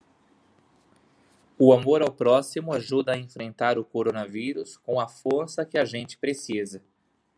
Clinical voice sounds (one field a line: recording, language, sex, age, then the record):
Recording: spoken sentence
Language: Brazilian Portuguese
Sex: male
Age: 30 to 39 years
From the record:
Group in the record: control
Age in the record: 33 years